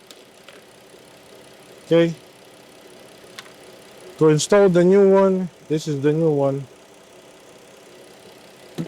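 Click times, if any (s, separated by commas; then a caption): none. A new plastic washer nozzle for the hood/cowl panel of a 2011–2020 Dodge Grand Caravan is held up and positioned before being pressed into place, while someone talks over a low steady background. Only a few faint, brief ticks occur near 0.1, 0.5, 3.4 and 8.8 seconds, and the nozzle has not snapped into place yet.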